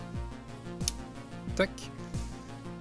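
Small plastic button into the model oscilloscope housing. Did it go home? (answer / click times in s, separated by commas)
yes / 0.9 s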